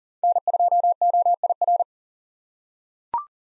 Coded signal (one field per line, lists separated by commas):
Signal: Morse code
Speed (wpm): 37 wpm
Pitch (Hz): 700 Hz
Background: none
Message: N2OIR